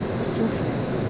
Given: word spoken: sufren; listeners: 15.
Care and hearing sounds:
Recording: one Spanish word in noise, from a listening test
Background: speech-shaped noise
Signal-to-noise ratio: -4.8 dB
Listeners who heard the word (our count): 1 of 15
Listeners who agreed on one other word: 7 of 15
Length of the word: 0.69 s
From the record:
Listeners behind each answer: 7, 2, 2, 1, 1, 1, 1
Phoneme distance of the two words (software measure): 7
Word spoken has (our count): 2 syllables, 6 phonemes, stress on syllable 1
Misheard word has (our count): 2 syllables, 5 phonemes, stress on syllable 1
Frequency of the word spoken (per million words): 19.19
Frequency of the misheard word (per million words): 27.18

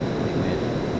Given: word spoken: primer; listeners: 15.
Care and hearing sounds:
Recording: one Spanish word in noise, from a listening test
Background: speech-shaped noise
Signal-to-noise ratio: -6.6 dB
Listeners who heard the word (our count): 1 of 15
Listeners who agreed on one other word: 9 of 15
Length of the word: 0.60 s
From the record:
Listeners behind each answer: 9, 2, 1, 1, 1, 1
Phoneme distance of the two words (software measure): 7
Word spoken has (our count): 2 syllables, 6 phonemes, stress on syllable 2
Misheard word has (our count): 3 syllables, 7 phonemes, stress on syllable 2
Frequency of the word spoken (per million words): 458.30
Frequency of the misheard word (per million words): 237.49

